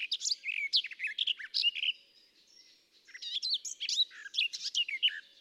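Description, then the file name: Garden warbler singing a hurried, mellow babbling warble, a phrase of tumbling notes, a short pause, then another long flowing phrase. "tuinfluiter"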